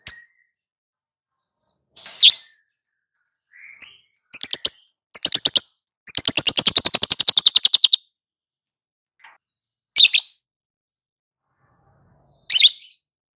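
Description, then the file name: Lovebird trill: harsh chirps build into fast rattling bursts, then a long rapid trill of about two seconds, followed by a few separate scratchy chirps. Lovebird singing in the ngetik (ticking) style and a long ngekek trill. "lovebird ngetik ngekek panjang"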